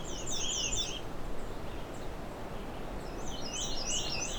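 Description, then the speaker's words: American Redstart song, a high, rapid series of thin zigzag notes at the start, followed by another similar phrase near the end, with low background hum. Several American Redstarts singing at Alvar Bay, July 26, 2020. "More than a few American red starts here, as you can hear."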